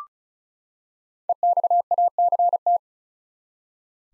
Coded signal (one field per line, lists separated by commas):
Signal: Morse code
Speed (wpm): 34 wpm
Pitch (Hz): 700 Hz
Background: none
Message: EXACT